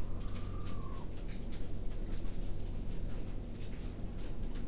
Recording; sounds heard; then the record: poultry house recording; healthy chickens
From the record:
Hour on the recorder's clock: 21